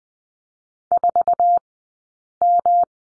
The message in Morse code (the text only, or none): 4M